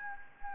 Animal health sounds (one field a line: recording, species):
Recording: mosquito wingbeat signal from an infrared sensor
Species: Anopheles gambiae